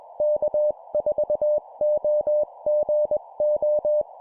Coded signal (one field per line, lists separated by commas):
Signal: Morse code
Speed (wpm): 21 wpm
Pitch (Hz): 600 Hz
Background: none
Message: K4OGO